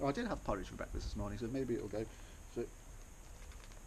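Someone talks while pushing a plastic segment back into the ball socket of a Wimberley Plamp ball-and-socket segmented clamp arm during reassembly, a fit that can be tricky when the arm is new. The part has not seated or clicked yet when the clip ends.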